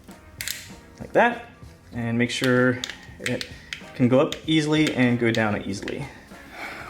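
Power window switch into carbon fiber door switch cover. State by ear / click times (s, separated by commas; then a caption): seated / 0.4 s. A power window switch is matched to a new carbon fiber door switch cover for a BMW F30/F80 and pushed in, snapping home with a sharp click at 0.4 s. Someone then talks.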